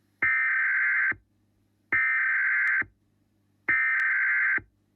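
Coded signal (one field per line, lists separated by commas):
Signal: Emergency Alert System (SAME) tones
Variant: header bursts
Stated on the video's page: EAS scenario, a fictional alert.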